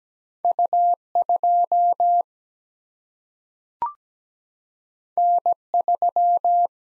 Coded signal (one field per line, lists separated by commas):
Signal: Morse code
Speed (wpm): 17 wpm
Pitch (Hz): 700 Hz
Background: none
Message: U 2 N 3